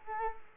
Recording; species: mosquito wingbeat signal from an infrared sensor; Culex quinquefasciatus